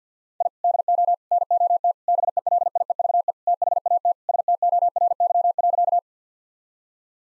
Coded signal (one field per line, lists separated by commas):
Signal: Morse code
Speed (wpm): 50 wpm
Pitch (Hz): 700 Hz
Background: none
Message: I DO NOT BELIEVE THAT STORY.